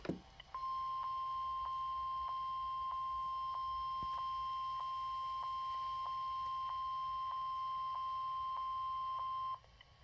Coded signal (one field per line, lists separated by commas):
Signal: Emergency Alert System (SAME) tones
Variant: 1050 Hz attention tone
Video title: eas svr Eas#125